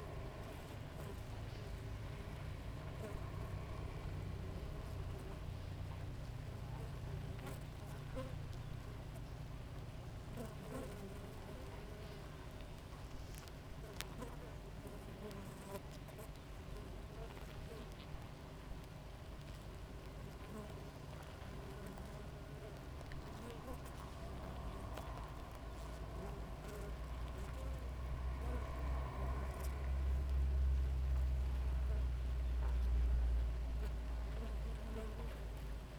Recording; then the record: honeybee colony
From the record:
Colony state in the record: active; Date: 28 July 2017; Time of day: 5:46